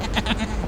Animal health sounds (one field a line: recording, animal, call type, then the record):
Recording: contact call of a hoofed animal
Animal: goat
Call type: low-frequency (closed-mouth) or high-frequency (open-mouth) call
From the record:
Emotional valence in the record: negative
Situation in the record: short social isolation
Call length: 0.67 s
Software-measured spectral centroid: 2400 Hz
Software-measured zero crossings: 1490 a second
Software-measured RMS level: -24 dBFS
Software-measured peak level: -7 dBFS